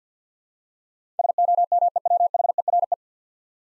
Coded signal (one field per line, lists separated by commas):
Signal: Morse code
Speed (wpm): 48 wpm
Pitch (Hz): 700 Hz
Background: none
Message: SOMEWHERE